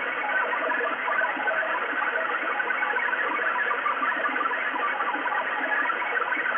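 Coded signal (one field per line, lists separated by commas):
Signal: HF data modem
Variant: XPB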